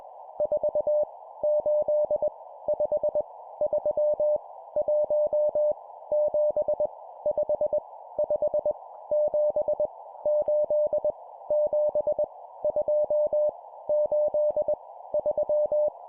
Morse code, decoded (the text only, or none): 4 8 5 3 1 7 5 5 7 8 7 2 8 3